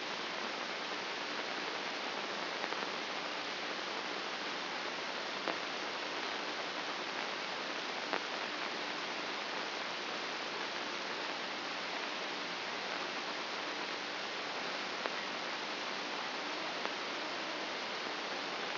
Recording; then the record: brain microelectrode recording played as sound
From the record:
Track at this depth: inside the subthalamic nucleus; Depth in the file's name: 4.63 mm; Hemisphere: left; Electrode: 2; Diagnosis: Parkinson's disease